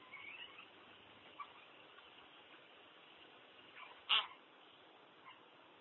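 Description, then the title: Common hill myna producing a single sharp, harsh call after four seconds of faint notes and hiss, followed by quiet. "burung beo"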